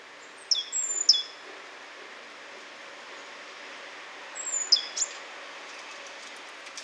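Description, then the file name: Great tit uttering thin, high notes that slide downward with a sharp click-like stroke, one cluster after half a second and another near five seconds, over hiss. "Parus major"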